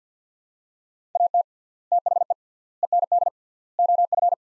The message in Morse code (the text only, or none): AT THE END OF